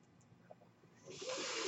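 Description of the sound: A soft hiss swells into a steady rush of air, a home ventilator delivering a breath.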